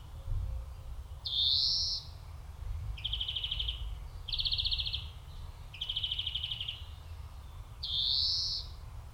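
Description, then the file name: European Greenfinch calls: wheezy rising buzzes framing a run of three fast trilled rattles, with steady low rumble beneath. "Chloris chloris"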